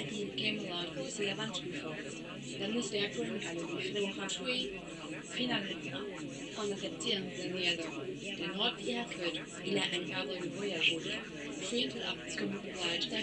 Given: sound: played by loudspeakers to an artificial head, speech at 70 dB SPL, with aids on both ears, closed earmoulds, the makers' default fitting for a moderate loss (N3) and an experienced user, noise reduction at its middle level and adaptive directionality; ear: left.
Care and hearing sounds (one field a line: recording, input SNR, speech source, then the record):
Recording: speech test signal (ISTS) in cocktail-party noise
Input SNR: 0 dB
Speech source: on the right (90 degrees)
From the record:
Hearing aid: class 1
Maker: C